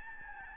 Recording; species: mosquito wingbeat signal from an infrared sensor; Aedes albopictus